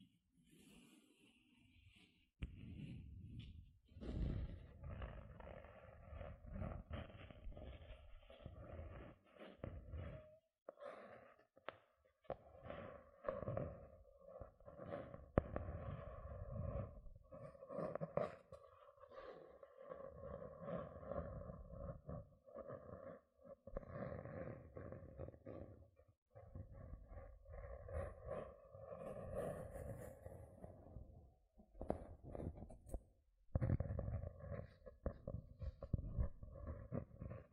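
Gentle scratching sounds with dense, uneven strokes running almost nonstop, carrying a low rumble and a steady midrange tone. The texture shifts in bursts and short pauses, with brief quiet gaps near 2, 10, 26 and 33 seconds.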